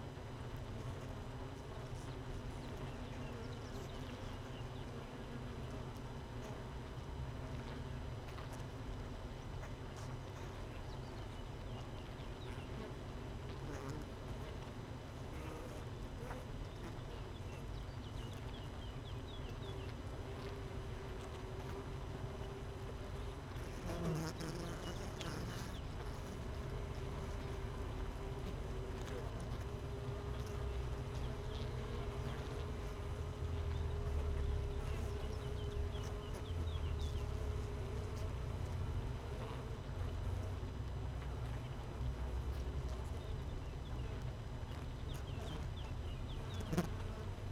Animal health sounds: honeybee colony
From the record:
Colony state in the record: missing queen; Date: 31 May 2018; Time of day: 6:25

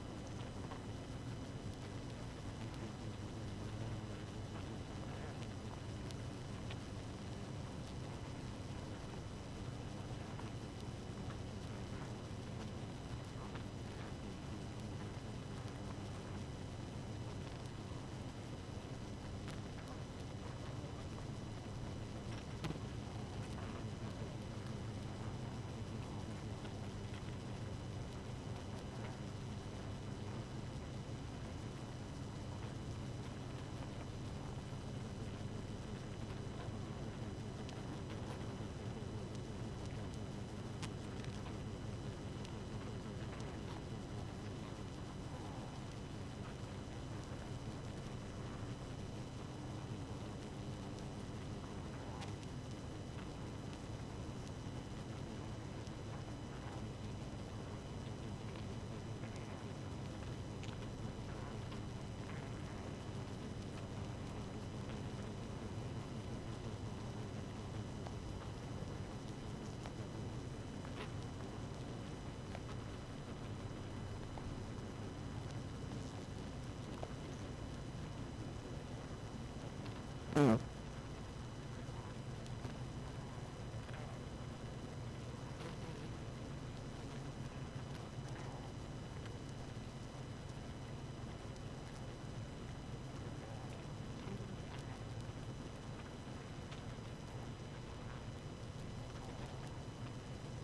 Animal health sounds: honeybee colony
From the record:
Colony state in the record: active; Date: 12 June 2018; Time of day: 0:27

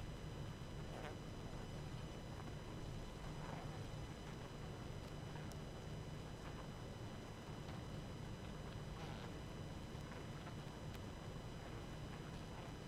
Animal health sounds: honeybee colony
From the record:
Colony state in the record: active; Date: 12 June 2018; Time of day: 21:00

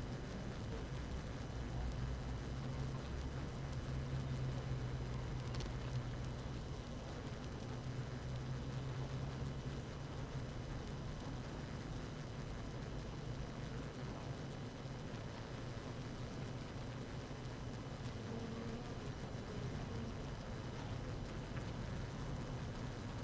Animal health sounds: honeybee colony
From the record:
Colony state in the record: active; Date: 12 June 2018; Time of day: 6:14

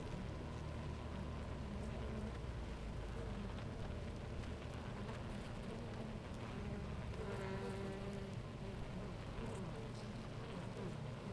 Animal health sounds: honeybee colony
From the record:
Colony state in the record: active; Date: 28 July 2017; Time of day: 10:28

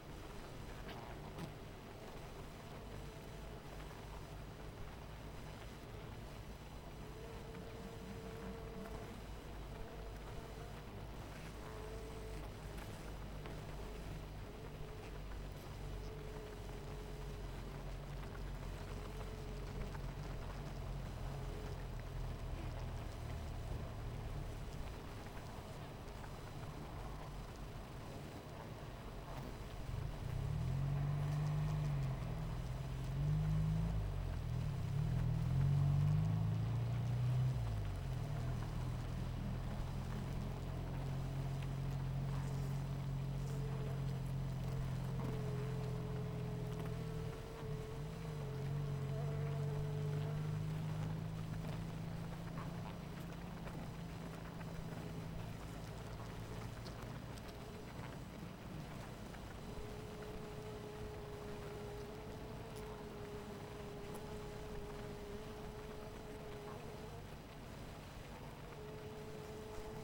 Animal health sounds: honeybee colony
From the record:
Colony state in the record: missing queen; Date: 14 July 2017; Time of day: 18:38

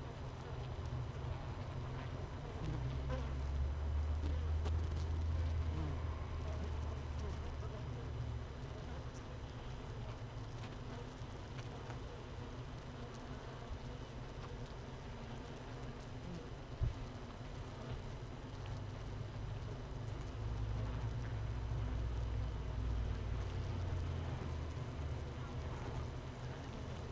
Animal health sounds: honeybee colony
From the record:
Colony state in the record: missing queen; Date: 31 May 2018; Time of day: 15:54

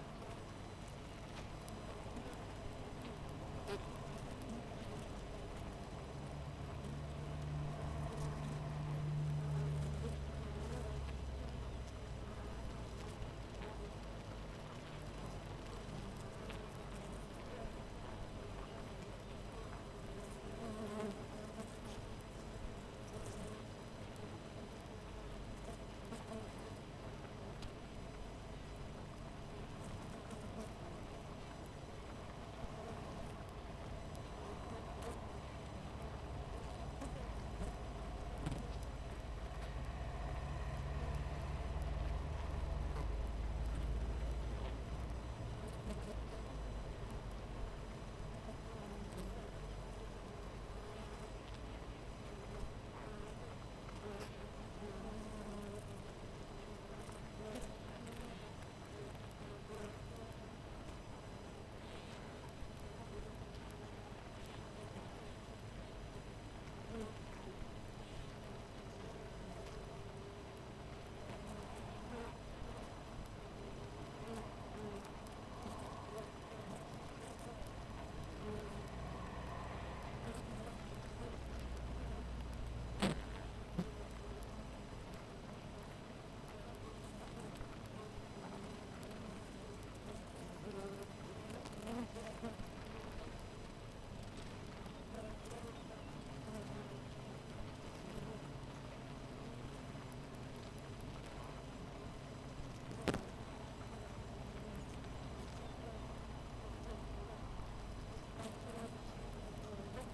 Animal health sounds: honeybee colony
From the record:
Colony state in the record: missing queen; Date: 14 July 2017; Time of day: 6:00

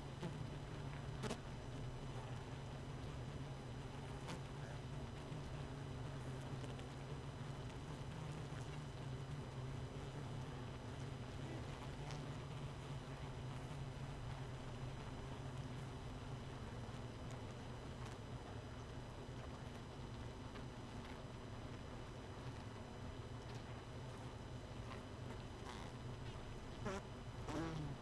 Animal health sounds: honeybee colony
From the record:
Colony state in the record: missing queen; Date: 31 May 2018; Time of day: 1:41

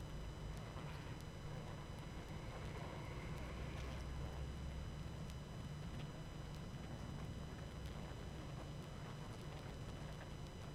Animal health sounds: honeybee colony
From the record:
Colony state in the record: active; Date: 12 June 2018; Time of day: 20:15

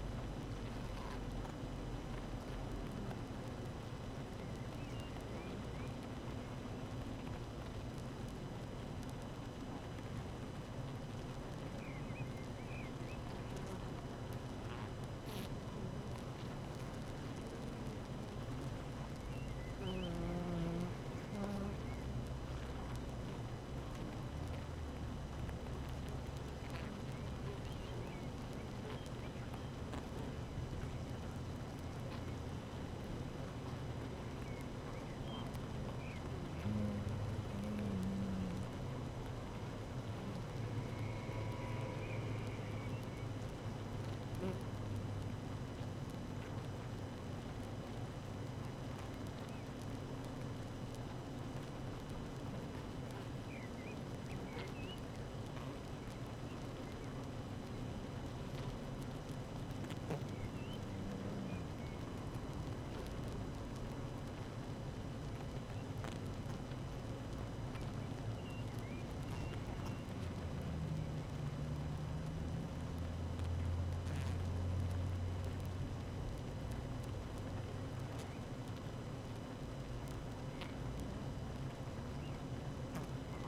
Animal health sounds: honeybee colony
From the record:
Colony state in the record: active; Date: 12 June 2018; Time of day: 7:20

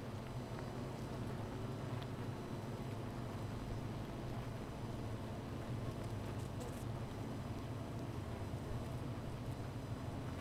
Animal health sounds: honeybee colony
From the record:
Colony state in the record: missing queen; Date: 14 July 2017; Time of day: 13:54

